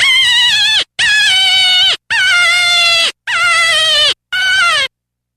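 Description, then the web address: Deer distress calls: five strained, bleating cries of about a second or less each, steady in pitch with a slight wavering, given in quick succession before falling silent. Fawn in distress. "Deer 165-Fawn. Distress"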